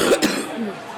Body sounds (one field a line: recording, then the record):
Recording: coughing mixed with background sound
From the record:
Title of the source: 60 coughing still (deep and wet cough)